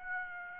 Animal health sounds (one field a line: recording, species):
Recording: mosquito wingbeat signal from an infrared sensor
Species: Aedes aegypti